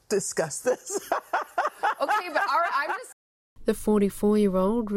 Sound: laughs